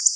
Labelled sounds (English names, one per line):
Black-throated Blue Warbler flight call